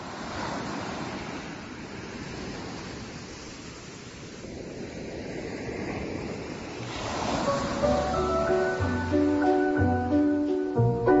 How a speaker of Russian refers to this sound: А море шумит вокруг и совершенно не знает, что ему дана великая сила смывать с человеческой души грязь и горечь.